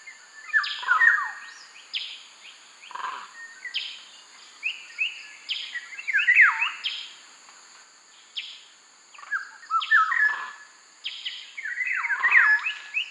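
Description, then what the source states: Black-naped oriole singing rich, fluty whistled phrases with liquid slurred notes, repeated in short bursts, over a steady high drone. Subspecies Oriolus chinensis mundus.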